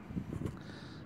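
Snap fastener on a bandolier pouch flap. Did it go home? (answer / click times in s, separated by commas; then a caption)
no / none. After ammunition is fitted into a pouch on a fabric ACU/UCP bandolier, the pouch flap's snap fastener is pressed to close it, with low, muffled rumbling handling noise swelling around 0.2 s and 0.45 s and a brief faint sound near 0.6 s. The snap does not engage, and nothing has seated or clicked yet.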